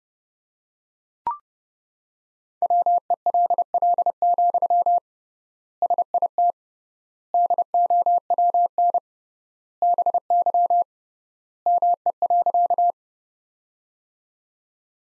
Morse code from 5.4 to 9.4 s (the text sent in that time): SIT DOWN